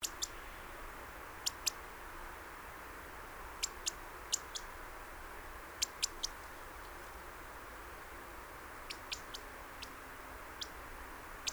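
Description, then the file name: European robin ticking: brief, high, clicking notes in small clusters scattered throughout, with constant low rushing noise behind. "Erithacus rubecula"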